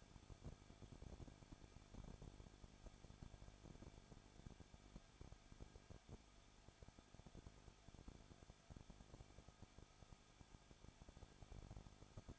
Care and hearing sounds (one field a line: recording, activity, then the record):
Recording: daily activity, microphone in the room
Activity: no activity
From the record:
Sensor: 5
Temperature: 20.9 degrees Celsius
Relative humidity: 35.1%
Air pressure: 994.6 hPa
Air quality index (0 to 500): 153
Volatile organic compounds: 2 ppm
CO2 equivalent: 1278 ppm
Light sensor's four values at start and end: 2/3/1/1 and 2/3/1/1